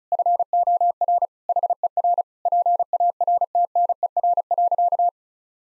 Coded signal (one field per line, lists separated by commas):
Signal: Morse code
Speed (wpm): 36 wpm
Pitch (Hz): 700 Hz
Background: none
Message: FOR HER PARTNER.